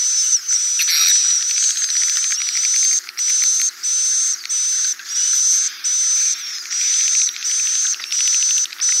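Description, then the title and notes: Swiftlet chirps in block-like bursts with clear gaps, a thin high whistle steady throughout. Swiftlet sound used for swiftlet farming in Asia. "Swiflet Bird Sound. Farming Swiflet Bird asia sound"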